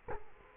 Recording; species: mosquito wingbeat signal from an infrared sensor; Culex quinquefasciatus